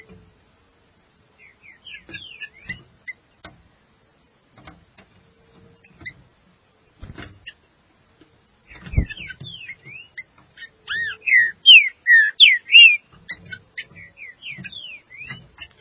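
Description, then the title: Green-winged saltator: scattered clicks and faint notes, then a lively burst of loud slurred whistles repeated rapidly from midway on. "Trinca Ferro"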